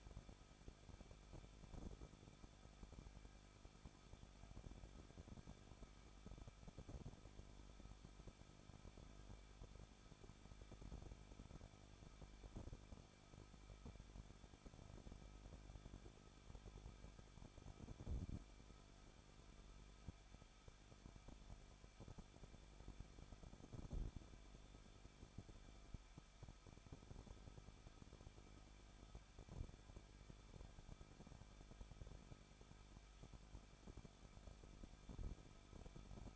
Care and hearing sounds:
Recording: daily activity, microphone in the room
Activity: no activity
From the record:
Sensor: 5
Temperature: 20.8 degrees Celsius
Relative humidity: 38.3%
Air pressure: 1006.6 hPa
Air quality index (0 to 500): 185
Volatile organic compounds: 17 ppm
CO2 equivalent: 2591 ppm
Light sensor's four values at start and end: 2/3/1/1 and 2/3/1/1

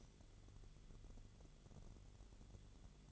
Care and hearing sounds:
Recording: daily activity, microphone in the room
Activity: light on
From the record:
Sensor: 4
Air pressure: 1008.7 hPa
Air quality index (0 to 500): 95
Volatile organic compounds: 1 ppm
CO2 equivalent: 717 ppm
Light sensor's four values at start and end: 11/25/10/9 and 11/27/10/10

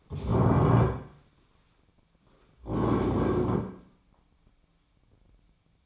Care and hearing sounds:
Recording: daily activity, microphone in the room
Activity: stand up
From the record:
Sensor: 1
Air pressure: 1009.3 hPa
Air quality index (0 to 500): 177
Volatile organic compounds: 3 ppm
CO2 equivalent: 1493 ppm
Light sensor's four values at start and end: 38/101/41/49 and 36/96/40/46

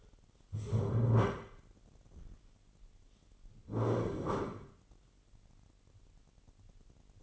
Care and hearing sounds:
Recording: daily activity, microphone in the room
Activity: stand up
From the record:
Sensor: 4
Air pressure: 999.3 hPa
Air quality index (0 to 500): 112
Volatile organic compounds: 2 ppm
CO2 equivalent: 1108 ppm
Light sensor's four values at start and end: 13/30/12/13 and 12/29/12/13

